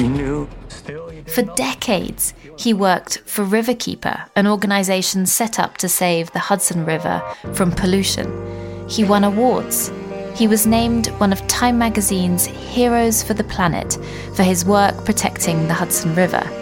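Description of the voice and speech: Clear, fluent adult female narration at an even pace with steady voice quality; an ordinary normal speaking voice.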